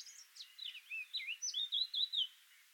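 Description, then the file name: Eurasian blackcap song: a rapid warbling phrase of twisting, fluty notes that rise and fall, ending in a run of quick repeated slurred notes. "Sylvia atricapilla"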